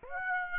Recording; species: mosquito wingbeat signal from an infrared sensor; Aedes aegypti